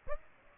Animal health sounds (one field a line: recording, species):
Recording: mosquito wingbeat signal from an infrared sensor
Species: Aedes aegypti